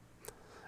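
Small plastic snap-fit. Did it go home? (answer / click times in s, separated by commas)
yes / 0.3 s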